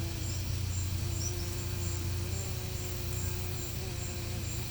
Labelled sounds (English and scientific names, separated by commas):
none